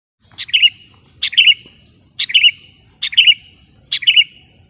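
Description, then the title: Sooty-headed bulbul calls: a short two-part chirp with a down-slurred whistle, repeated five times over a faint low hum. "kutilang"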